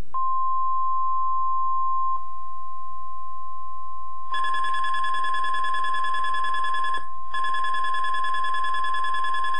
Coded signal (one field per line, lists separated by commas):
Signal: Emergency Alert System (SAME) tones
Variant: 1050 Hz attention tone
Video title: Weather Radio EAS No 39 & 40 Required Weekly and Monthly Tests